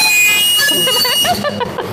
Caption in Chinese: 这个真的是我们专业当中会经常出现的一种啸叫声啊。 那这也可能在我们的主动性耳鸣当中出现。